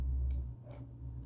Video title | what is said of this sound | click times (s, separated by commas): como configurar cartão de memória na câmera icsee com placa solar | Now it's unlocked. | 0.3 s, 0.7 s